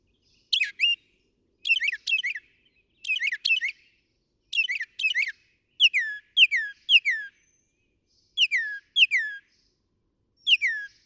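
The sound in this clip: Northern mockingbird singing sharp, clear downslurred whistled notes, mostly given in pairs or threes with short pauses, the note shape shifting partway through.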